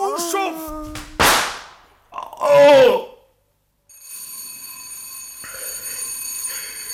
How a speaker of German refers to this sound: Ja, Sie haben geläutet, Sir.